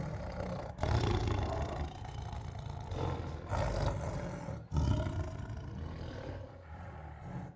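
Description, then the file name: Tiger producing repeated throaty growls, long low rumbles separated by short breaks, with louder bursts at irregular intervals. Annoyed tiger making throaty growls. "Annoyed Tiger Makes Throaty Growls [Sound Ideas]"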